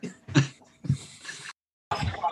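A short run of harsh, throaty adult coughs in a small room, with brief pauses between them: coughing after smoking cannabis.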